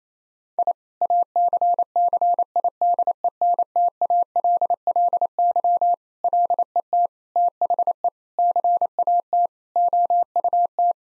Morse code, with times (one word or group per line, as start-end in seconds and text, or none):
0.6-0.7 I
1.0-5.9 ACCIDENTALLY
6.2-7.1 LET
7.4-8.1 THE
8.4-9.5 CAT
9.8-10.9 OUT